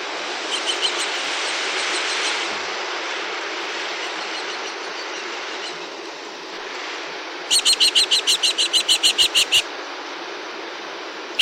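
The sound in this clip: New Zealand falcon calls: a faint chattering burst at the start, a long quiet stretch of hiss, then a loud rapid series of harsh repeated notes.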